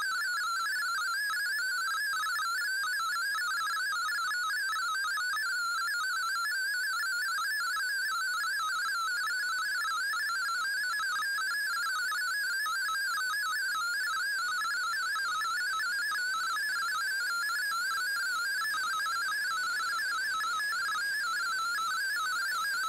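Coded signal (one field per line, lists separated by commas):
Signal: multi-tone FSK (Olivia or MFSK type)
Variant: MFSK32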